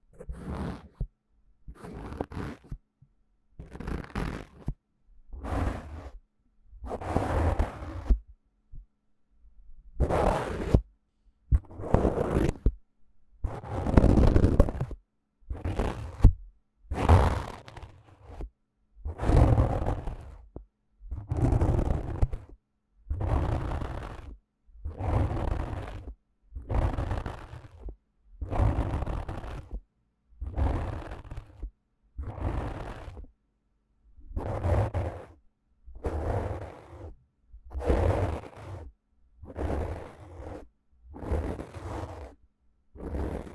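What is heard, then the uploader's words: Close microphone scratching and brushing in rhythmic strokes about once a second, each a soft full rush with deep rumble, pausing briefly near eight seconds. 讓您放鬆棉花&羽毛觸發. Relaxing Mic Scratching | Touching | NO Talking.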